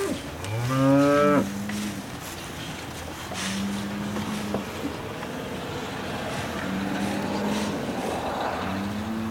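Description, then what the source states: Cow moo: one loud moo with rich harmonics, then several quieter low moos. Recorded while the cow shed was being cleaned out.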